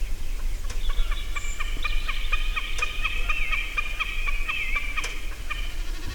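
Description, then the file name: Common snipe giving a rapid series of sharp clicking notes, steady and rhythmic for most, with a brief high whistle from another bird early on. Several calls. "enkelbeckasin flera laten"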